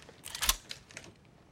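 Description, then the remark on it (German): A Walther pistol being cocked while aimed at a man: a quick cluster of sharp, metallic mechanical clicks peaking early, then two fainter ticks trailing off. No one speaks. “Das ist das Geräusch meiner Walter, die direkt auf ihre Hoden gerichtet ist.”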